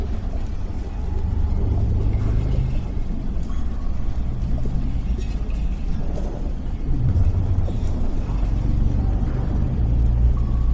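A sci-fi ambience of a damaged underwater lab: a dense, steady low rumble fills the whole clip, with a humming drone that wavers in pitch. Faint metallic creaks and clanks surface irregularly, and a thin high hiss sits above throughout.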